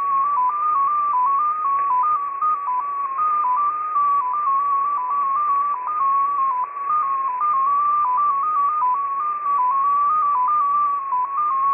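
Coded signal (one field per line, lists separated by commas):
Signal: multi-tone FSK (Olivia or MFSK type)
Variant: XPA2 14-tone MFSK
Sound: a single warbling tone hopping between close pitches around 1 kHz, with hiss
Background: radio static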